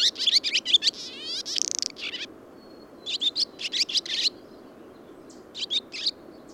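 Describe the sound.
Bird song made of rapid high chattering bursts and a buzzy trilled phrase, delivered in several bouts separated by short pauses.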